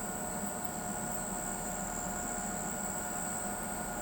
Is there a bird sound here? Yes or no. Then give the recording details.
no. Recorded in pastures near Pivijay, Magdalena, Colombia, on 17 April 2023 at 00:00. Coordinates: 10.456, -74.369. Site P6-G026